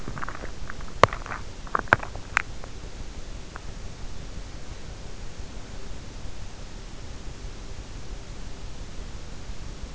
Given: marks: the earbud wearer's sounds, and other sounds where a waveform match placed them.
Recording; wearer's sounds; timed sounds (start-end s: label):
sounds in sleep by an in-ear microphone; teeth grinding
0.00-2.06 s: teeth grinding